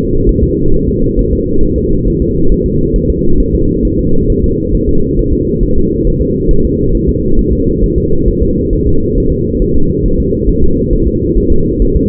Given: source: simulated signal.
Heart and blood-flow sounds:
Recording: fetal heart sounds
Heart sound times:
0.29 s: S1
0.44 s: S2
0.74 s: S1
0.88 s: S2
1.19 s: S1
1.33 s: S2
1.63 s: S1
1.78 s: S2
2.08 s: S1
2.22 s: S2
2.52 s: S1
2.66 s: S2
2.96 s: S1
3.10 s: S2
3.40 s: S1
3.55 s: S2
3.85 s: S1
3.99 s: S2
4.30 s: S1
4.44 s: S2
4.75 s: S1
4.89 s: S2
5.19 s: S1
5.33 s: S2
5.63 s: S1
5.78 s: S2
6.07 s: S1
6.22 s: S2
6.51 s: S1
6.65 s: S2
6.95 s: S1
7.09 s: S2
7.39 s: S1
7.53 s: S2
7.84 s: S1
7.98 s: S2
8.28 s: S1
8.43 s: S2
8.73 s: S1
8.87 s: S2
9.18 s: S1
9.32 s: S2
9.62 s: S1
9.76 s: S2
10.06 s: S1
10.20 s: S2
10.49 s: S1
10.64 s: S2
10.93 s: S1
11.08 s: S2
11.38 s: S1
11.52 s: S2
11.82 s: S1
11.97 s: S2
From the record:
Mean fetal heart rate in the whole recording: 135 bpm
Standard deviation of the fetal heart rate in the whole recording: 3 bpm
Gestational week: 36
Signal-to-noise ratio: -17.7 dB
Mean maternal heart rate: 72 bpm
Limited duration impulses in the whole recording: present

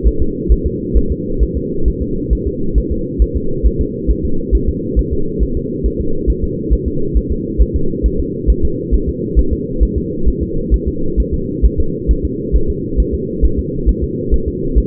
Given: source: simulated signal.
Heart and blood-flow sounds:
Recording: fetal heart sounds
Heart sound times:
0.07 s: S1
0.22 s: S2
0.52 s: S1
0.67 s: S2
0.97 s: S1
1.12 s: S2
1.43 s: S1
1.57 s: S2
1.88 s: S1
2.02 s: S2
2.33 s: S1
2.47 s: S2
2.78 s: S1
2.92 s: S2
3.22 s: S1
3.37 s: S2
3.66 s: S1
3.81 s: S2
4.11 s: S1
4.25 s: S2
4.55 s: S1
4.69 s: S2
4.99 s: S1
5.13 s: S2
5.43 s: S1
5.57 s: S2
5.86 s: S1
6.01 s: S2
6.30 s: S1
6.44 s: S2
6.73 s: S1
6.88 s: S2
7.17 s: S1
7.32 s: S2
7.62 s: S1
7.76 s: S2
8.06 s: S1
8.20 s: S2
8.50 s: S1
8.65 s: S2
8.94 s: S1
9.09 s: S2
9.39 s: S1
9.53 s: S2
9.83 s: S1
9.98 s: S2
10.28 s: S1
10.43 s: S2
10.74 s: S1
10.88 s: S2
11.20 s: S1
11.34 s: S2
11.66 s: S1
11.80 s: S2
12.11 s: S1
12.25 s: S2
12.56 s: S1
12.70 s: S2
13.00 s: S1
13.15 s: S2
13.45 s: S1
13.59 s: S2
13.89 s: S1
14.04 s: S2
14.34 s: S1
14.48 s: S2
14.78 s: S1
From the record:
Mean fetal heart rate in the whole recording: 135 bpm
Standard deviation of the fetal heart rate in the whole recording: 3 bpm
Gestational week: 34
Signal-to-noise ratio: -8.1 dB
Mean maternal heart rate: 72 bpm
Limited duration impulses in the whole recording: absent

